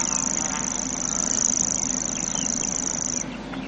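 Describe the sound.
Grasshopper warbler reeling song: a high, dry, insect-like trill held steadily for about three seconds before stopping, over a low background hum.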